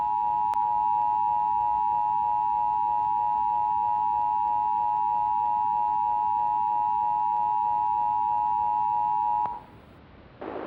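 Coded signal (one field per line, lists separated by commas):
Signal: Emergency Alert System (SAME) tones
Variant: 853 and 960 Hz attention tone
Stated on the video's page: Valid EAS tones used in a fictional analog-horror scenario.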